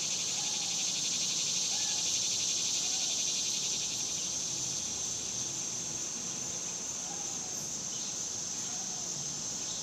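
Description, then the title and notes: Cicadas keep up a continuous shrill drone with rapid pulsing, accompanied by faint short chirps. Recorded outdoors in summer in the suburbs. "Ext Summer Cicadas, Suburbs by Bandeto"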